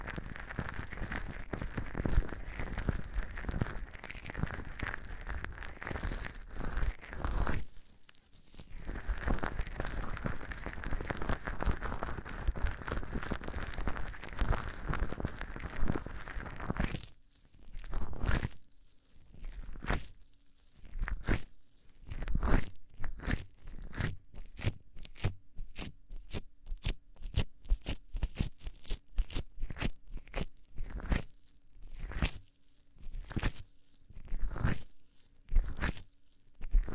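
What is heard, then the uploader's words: Gloved hands rub and massage, a dense, continuous rustling for the first seventeen seconds with a brief pause near eight seconds. After that the sound breaks into separate soft squeezes and crinkles, quick and fairly regular, with a faint low hum underneath. ASMR gently massaging your Ears 3Dio Ear massage with gloves & foam.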